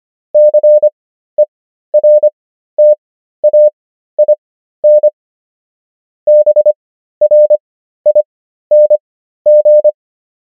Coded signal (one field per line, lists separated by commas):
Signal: Morse code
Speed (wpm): 25 wpm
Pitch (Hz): 600 Hz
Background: none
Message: CERTAIN BRING